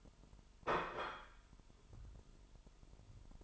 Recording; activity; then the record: daily activity, microphone in the room; place plate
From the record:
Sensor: 5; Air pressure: 988.7 hPa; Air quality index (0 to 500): 236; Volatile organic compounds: 201 ppm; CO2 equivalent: 4215 ppm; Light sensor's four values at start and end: 40/125/48/52 and 40/125/48/52